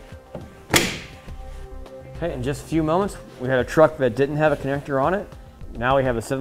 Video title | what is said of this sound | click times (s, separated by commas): etrailer - Trailer Connector Socket Installation - 2014 GMC Sierra | Okay, this whole assembly will just simply snap back into place. Okay, | 0.8 s